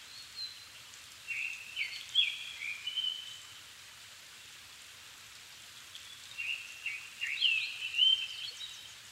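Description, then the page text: Japanese thrush song: two varied phrases of fluty whistles and slurs, separated by a few seconds of steady background hiss. Recorded 7 May 2011 at 17:59, evening; altitude 270 m; Sony PCM-D50 recorder with Panasonic WM-61A mic. "kurotugumi-20110507-1759. Turdus cardis [Sounds -Nikko Today-]"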